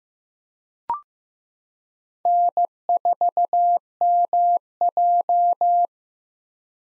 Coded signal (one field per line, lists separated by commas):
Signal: Morse code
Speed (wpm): 15 wpm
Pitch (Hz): 700 Hz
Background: none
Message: N4MJ